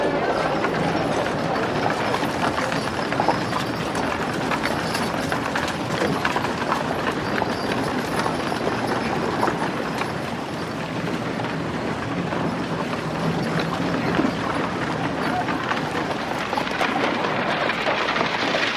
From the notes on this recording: You can hear the soft creaking of the wooden buildings, the distant jingling of spurs, and the calming rustle of the leaves in the nearby trees.